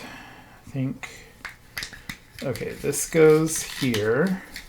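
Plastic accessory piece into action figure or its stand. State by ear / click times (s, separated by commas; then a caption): not seated / none. A plastic accessory piece is handled as it is pushed toward its place in an action figure or its stand while the accessory is assembled without instructions. Someone talks, and a few short, sharp handling ticks are heard. Nothing has seated or clicked into place yet.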